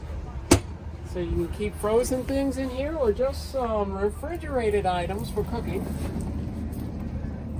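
A sliding drawer or pull-out fixture in the kitchen cabinetry of a 2022 Winnebago Journey 34N RV is handled while someone talks over a steady low hum, with a brief sharp knock near 0.5 s. The fixture has not locked in place yet; nothing has clicked by the end of the clip.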